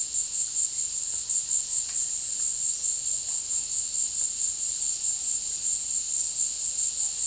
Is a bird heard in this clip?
no